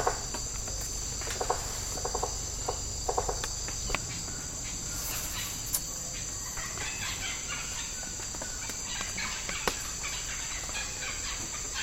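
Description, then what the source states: Insects droning in a steady high-pitched chorus, with short bursts of rapid clicking pulses in the first four seconds and scattered ticks throughout. Tropical rainforest habitat.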